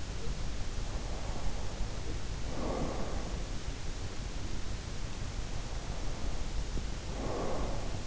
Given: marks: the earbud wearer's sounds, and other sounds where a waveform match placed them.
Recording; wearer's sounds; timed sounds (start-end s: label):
sounds in sleep by an in-ear microphone; breath
0.37-3.46 s: breath
5.54-8.07 s: breath